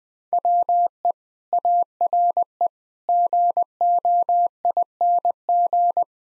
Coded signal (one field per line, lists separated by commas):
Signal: Morse code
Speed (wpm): 20 wpm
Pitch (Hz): 700 Hz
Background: none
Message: WE ARE GOING